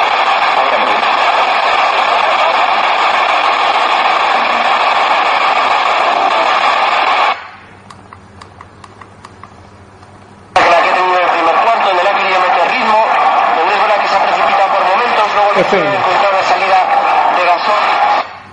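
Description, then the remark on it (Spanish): A radio set to FM scans toward 95.9: a steady wash of hiss and broadcast sound, a few seconds of near-silence broken by faint clicks, then loud hissy signal bursts back in. “Se la voy a parar a la 95.9. Esto es FM, fijaos el rastreo como lo hace.”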